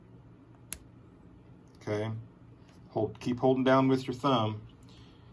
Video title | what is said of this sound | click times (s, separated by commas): Cartridge guide and extractor installation in Savage MKii | Now you can push that in and you'll hear it click. | 0.7 s